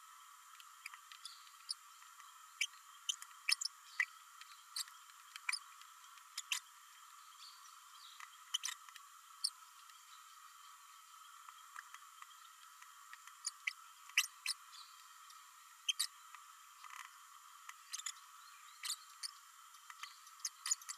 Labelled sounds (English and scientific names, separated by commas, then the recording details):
Green-rumped Parrotlet (Forpus passerinus) babbling
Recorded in a nest box in Venezuela
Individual 18B104A3